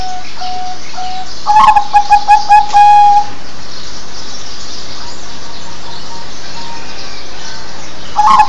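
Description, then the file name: Zebra dove song with faint coos at first, then a clear phrase of short staccato notes ending in a long trilled coo, and another phrase starting at the end. "เสียงนกเขาชวา"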